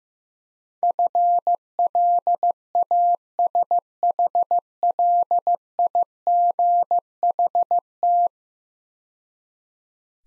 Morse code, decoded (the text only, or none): FLASHLIGHT